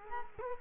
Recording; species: mosquito wingbeat signal from an infrared sensor; Culex quinquefasciatus